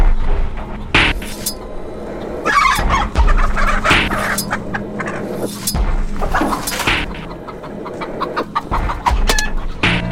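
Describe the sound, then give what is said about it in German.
Hens cluck and squawk in agitated bursts, with loud flapping and rustling scuffles mixed in, and a few metallic clinks scattered through the busy, continuous commotion. “dafür darfst du das erste Huhn des Tages aus dem Stall holen.”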